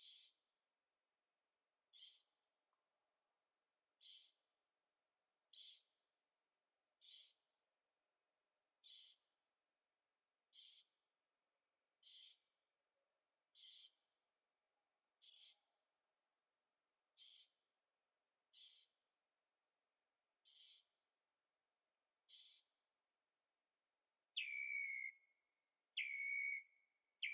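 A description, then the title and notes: A night bird calls over and over in a very quiet setting, giving a short, high, sharp note roughly every one and a half seconds. Near the end the pattern changes to two longer, lower calls that slide downward. Birds at Night, Carefree Arizona. Recording made with Zoom H6, Stereo Microphones.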